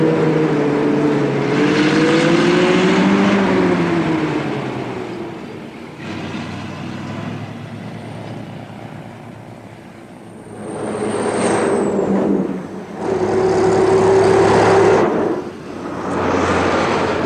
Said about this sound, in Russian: Яков открывает заднюю дверь автобуса, выходит. Автобус уезжает